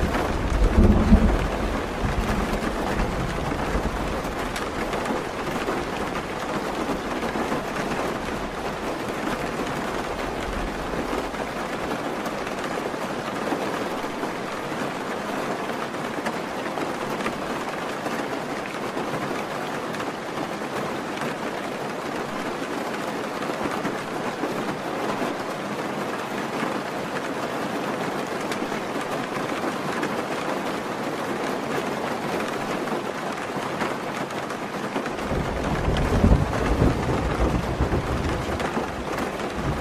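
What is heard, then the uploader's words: Rain patters steadily on a roof, a dense even hiss, with a low rumble swelling near the start and again after thirty-five seconds. Rain On Roof.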